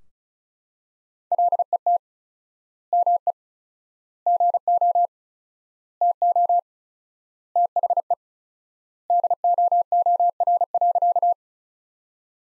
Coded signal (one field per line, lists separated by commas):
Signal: Morse code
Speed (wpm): 34 wpm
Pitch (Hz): 700 Hz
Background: none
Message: LET ME GO TO THE DOOR.